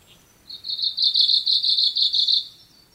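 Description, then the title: Kamchatka leaf warbler song: a rapid, buzzy, even trill of repeated high notes lasting about two seconds, starting abruptly and ending cleanly, over faint background hiss. Recorded in Minamimaki, Nagano Prefecture, Japan. "長野県南牧村のオオムシクイ"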